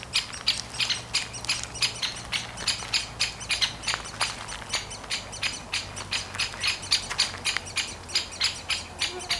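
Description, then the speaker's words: Great spotted woodpecker nestlings keep up a rapid, continuous chorus of high, sharp begging chirps, several per second, with a steady low hum underneath. Two nestlings calling from a tree cavity. "Onnistuin äänittämään pätkän, jossa kuuluu vaimeasti käpytikan rummuttelua, aikuisen linnun varoitusääniä ja tikanpoikien konsertti."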